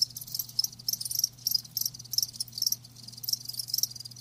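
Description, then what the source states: Crickets chirping in dense, rapid high-pitched pulses, several insects overlapping in a continuous shimmering chorus, with a faint steady low hum beneath. Live crickets chirping, presented as a lulling sound to help fall asleep and stay asleep.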